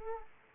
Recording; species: mosquito wingbeat signal from an infrared sensor; Aedes aegypti